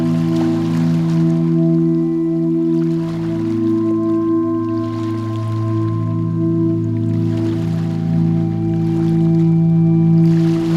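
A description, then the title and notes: Gentle waves lap at the shore, with soft splashy washes swelling in every few seconds, near the start, around the middle and toward the end. A steady, low droning hum sits underneath the whole time and is louder than the water. Gentle waves lapping at the shore.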